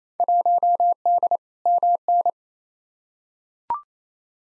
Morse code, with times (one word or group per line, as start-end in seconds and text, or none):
0.2-1.4 1D
1.7-2.3 MN